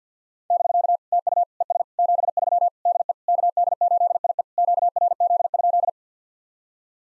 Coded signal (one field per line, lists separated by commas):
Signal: Morse code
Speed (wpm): 50 wpm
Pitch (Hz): 700 Hz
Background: none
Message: <BK> TU ES 73 DE KD8IE QRZ?